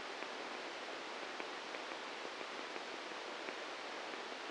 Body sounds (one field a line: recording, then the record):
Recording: brain microelectrode recording played as sound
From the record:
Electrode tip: outside the subthalamic nucleus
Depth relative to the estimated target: 3 mm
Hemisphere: right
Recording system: NeuroSet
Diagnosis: Parkinson's disease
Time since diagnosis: 7 years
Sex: male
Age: 44 years